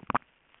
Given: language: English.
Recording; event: throat vibration sensor signal played as sound; swallow